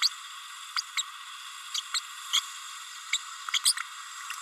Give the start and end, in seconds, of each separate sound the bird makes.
0.01-0.09, 0.76-0.81, 0.97-1.02, 1.74-1.80, 1.94-2.00, 2.33-2.40, 3.12-3.17, 3.53-3.58, 3.65-3.73